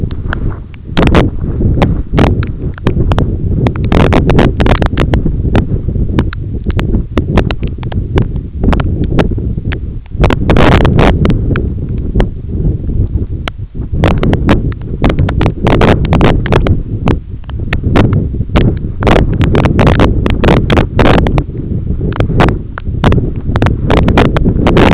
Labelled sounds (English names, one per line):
none